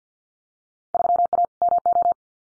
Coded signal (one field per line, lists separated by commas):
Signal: Morse code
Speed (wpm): 50 wpm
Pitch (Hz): 700 Hz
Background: none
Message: 3A MO